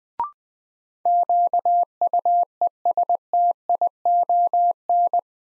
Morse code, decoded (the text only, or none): QUESTION